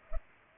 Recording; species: mosquito wingbeat signal from an infrared sensor; Culex pipiens